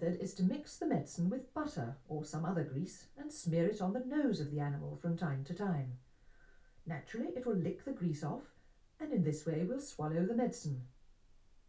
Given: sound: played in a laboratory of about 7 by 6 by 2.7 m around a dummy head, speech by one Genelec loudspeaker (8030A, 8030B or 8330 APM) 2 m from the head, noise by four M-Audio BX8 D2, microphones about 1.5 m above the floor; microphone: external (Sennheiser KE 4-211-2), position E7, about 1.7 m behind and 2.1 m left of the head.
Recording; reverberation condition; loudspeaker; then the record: female speech in English; low; 60 degrees to the left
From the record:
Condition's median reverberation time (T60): about 310 ms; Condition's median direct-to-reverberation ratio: about 3.5 dB